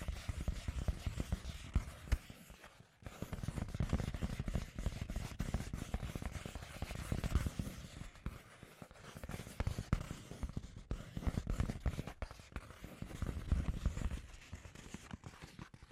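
Scratchy tapping goes on almost without pause, a dense, uneven patter of small clicks and scrapes with a heavy, low thud underneath. The rhythm is fast and irregular, swelling and thinning in bursts, with brief lulls near three, eight and eleven seconds.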